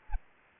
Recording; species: mosquito wingbeat signal from an infrared sensor; Aedes aegypti